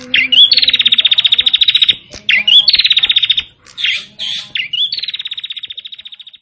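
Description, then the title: Prinia song of rising notes, each followed by a fast rattling trill, the last trill fading out. Song style called cemplir. "Suara Burung Prenjak Cemplir"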